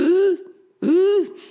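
Two short, high-pitched, crowing whistles of about a third of a second each, separated by a brief pause. An adult imitates inspiratory stridor of croup (acute laryngitis, subglottic laryngitis): a striking noise on breathing in, heard in a child who wakes at night with a barking cough, as swelling of the larynx below the vocal cords narrows the airway.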